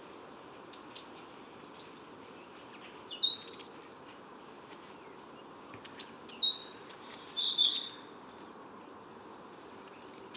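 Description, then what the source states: Blue tits and great tits calling, a scatter of high thin notes. Mixed flock of blue tits and great tits; woodland park in Paris, France; autumn.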